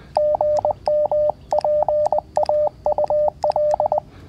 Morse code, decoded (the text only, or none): GM PAUL